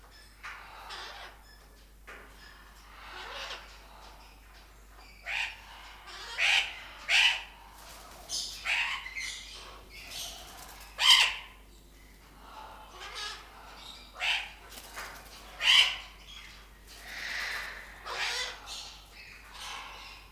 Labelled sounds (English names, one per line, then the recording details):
Blue-winged Macaw call
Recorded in captivity
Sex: group
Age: adult
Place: Zoo Berlin, Berlin, DE
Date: 1997-11-22 11:31
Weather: overcast, ca.1°C
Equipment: Nagra SN, Kopie Uher 4000 Report Monitor
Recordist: Tembrock, Günter